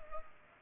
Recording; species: mosquito wingbeat signal from an infrared sensor; Culex pipiens